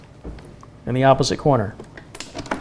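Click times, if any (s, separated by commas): 2.2 s, 2.5 s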